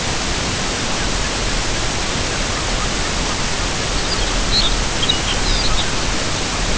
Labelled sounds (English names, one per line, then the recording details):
unidentified sound
Lapland Longspur
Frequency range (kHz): Lapland Longspur 2.5-5.6 kHz
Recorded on Arctic tundra, site UTQI-5, on 25 June 2018
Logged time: 10:00